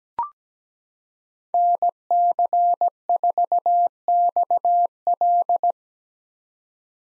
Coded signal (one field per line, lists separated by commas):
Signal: Morse code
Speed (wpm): 17 wpm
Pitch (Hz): 700 Hz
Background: none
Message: NC4XL